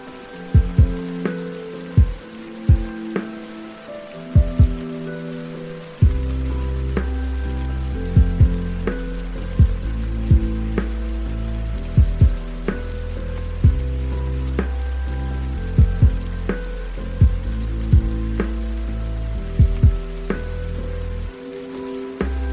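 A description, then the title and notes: Lo-fi hip hop music with a steady beat of sharp clicks and snaps recurring roughly every second. Low bass and keyboard chords shift in blocks, and a deeper bass line enters around six seconds, thickening the sound. A soft crackle runs underneath throughout. Lo-fi hiphop music.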